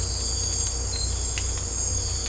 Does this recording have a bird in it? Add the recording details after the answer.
no. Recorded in secondary vegetation near Puerto Asís, Putumayo, Colombia, on 18 December 2024 at 02:30. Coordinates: 0.502, -76.326. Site G028